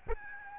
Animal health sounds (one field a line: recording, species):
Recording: mosquito wingbeat signal from an infrared sensor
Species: Aedes albopictus